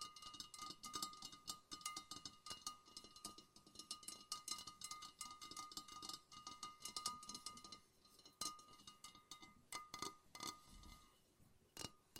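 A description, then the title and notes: Fingers tap a lava lamp in a quick, busy patter of small glassy clicks with a faint ringing tone underneath. The tapping stays dense and fairly even, with a few sharper, louder knocks around eight, ten and twelve seconds. ASMR No Talking Lava Lamp Tapping.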